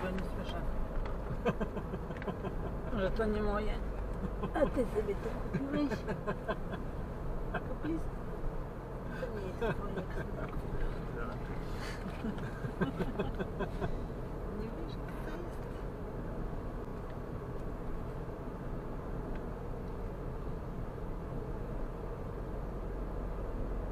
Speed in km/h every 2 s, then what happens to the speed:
56, 52, 51, 48, 48, 46, 46, 46, 46, 46, 47, 49.
0-10 slows to 46. 10-24 steady at about 46.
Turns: none.